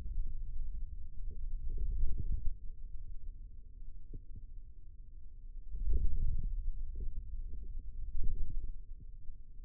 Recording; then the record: forearm muscle sounds (acoustic myography)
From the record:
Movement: hand closing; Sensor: system 2, bracelet of six BSWA MPA416 microphones around the upper forearm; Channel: 4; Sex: male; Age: 22 years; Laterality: right